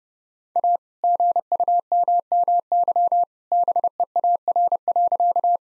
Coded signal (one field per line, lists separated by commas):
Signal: Morse code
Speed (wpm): 32 wpm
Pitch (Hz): 700 Hz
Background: none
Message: A GUMMY BEAR.